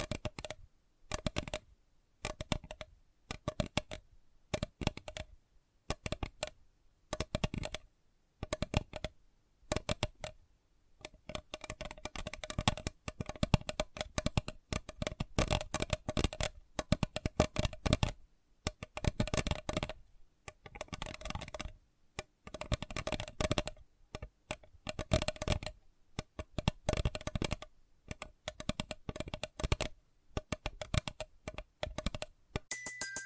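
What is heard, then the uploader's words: Sensitive tapping: quick, crisp taps run throughout, at first in short spaced bursts with pauses, then in denser, faster runs from about ten seconds on. Each tap is sharp and clicky with a faint ringing tone, and near the end comes a brief brighter scrape. Sensitive Tapping.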